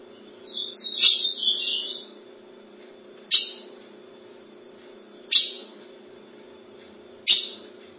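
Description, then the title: Ultramarine grosbeak song: a brief burst of high warbled notes, then three sharp, abrupt high chips roughly two seconds apart over a steady low hum. "Azulao"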